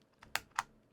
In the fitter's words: press in place very satisfying snap